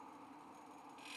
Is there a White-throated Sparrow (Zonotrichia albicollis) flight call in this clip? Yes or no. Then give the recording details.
no. No flight call is heard. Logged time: 11:15 on 5 December 2014